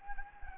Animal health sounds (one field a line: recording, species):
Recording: mosquito wingbeat signal from an infrared sensor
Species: Anopheles gambiae